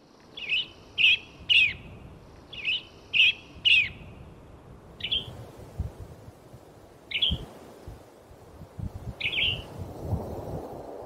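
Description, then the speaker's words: Western tanager song: short high phrases in two quick triplets, then single phrases spaced about two seconds apart, with low rumbling background noise. Male; a migratory songbird that travels thousands of miles, heading to the mountain west for springtime. "the sound of the male western tanager, a songbird that migrates thousands of miles once the seasons begin to change, heading to the mountain west for springtime."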